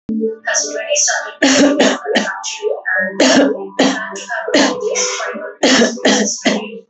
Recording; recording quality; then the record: heavy voluntary cough; excellent, no background noise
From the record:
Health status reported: healthy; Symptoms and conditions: diabetes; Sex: female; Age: 40 years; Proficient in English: yes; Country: India